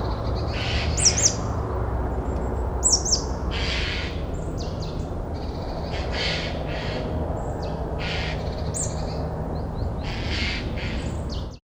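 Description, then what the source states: Birds chirping in short, bright, scattered bursts, some quick twittering notes, over a constant low rumble. City ambience.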